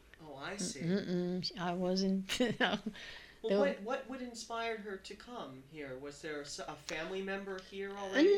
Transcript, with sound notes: Oh, I see.
Uh-uh. I wasn't... ( she laughs )
What inspired her to come here? Was there a family member here already?